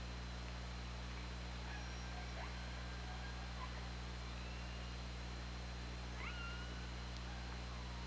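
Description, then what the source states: Killer whale calls, a few faint upswept and level tonal notes with harmonics, the clearest near the end, over a constant low hum and hiss. OrcaLab hydrophone recording, 24 August 2017, 20:58.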